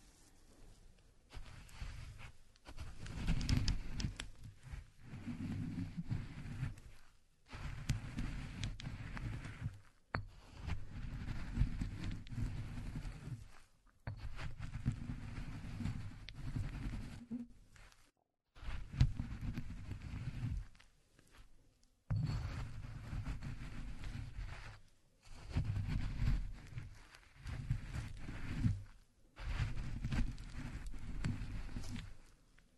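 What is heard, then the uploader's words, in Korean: Walnuts are ground by hand in a series of rough, crunching bursts, each lasting about three to four seconds. Short silent pauses separate the bursts, roughly eight of them in all. The grinding is gritty and heavy in the low end, with a steady scraping rhythm inside each stretch. 호두를 직접 갈아보겠습니다. 손으로 직접 갈아먹는 호두.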